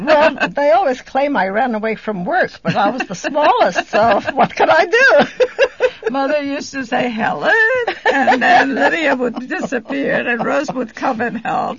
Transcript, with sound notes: Well, they always claimed I ran away from work, but I was the smallest, so what could I do. ( she laughs )
Mother used to say, "Helen!" Then Lydia was disappear, and Rose would come and help.